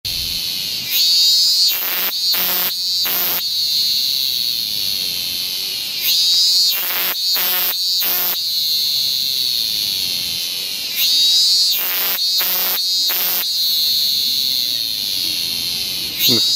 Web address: som das noites de verao com cigarras